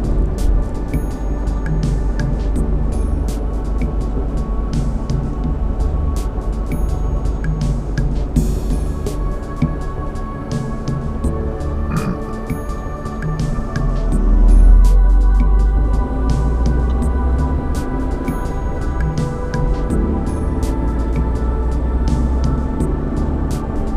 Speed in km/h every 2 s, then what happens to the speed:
26, 26, 26, 26, 23, 13, 11, 15, 19, 24, 29, 37.
0-6 steady at about 26. 6-12 slows to 11. 12-24 speeds up to 37.